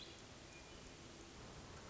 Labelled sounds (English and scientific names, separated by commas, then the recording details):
Hermit Thrush (Catharus guttatus)
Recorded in Sonoma County, California